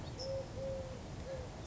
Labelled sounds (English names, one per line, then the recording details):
California Towhee
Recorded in Sonoma County, California